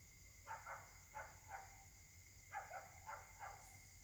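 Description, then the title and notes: Dogs barking in short bursts, two or three sharp barks at a time with pauses between, over a steady high-pitched whine. Dogs barking together at night in Caltex, Trois-Mares, Réunion; recorded on a Samsung Galaxy S8 smartphone whose left microphone tends to be clogged. "Caltex, 3 mares, Réunion. La nuit s'annonce difficile pour les habitants: concert de chiens"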